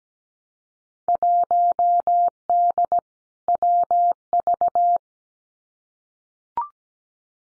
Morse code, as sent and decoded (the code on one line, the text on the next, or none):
.---- -.. / .-- ...-
1D WV